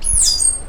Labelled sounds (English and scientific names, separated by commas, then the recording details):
Stitchbird (Notiomystis cincta) song
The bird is a male
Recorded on Tiritiri Matangi Island, New Zealand, in 2005
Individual 12, of nest box 16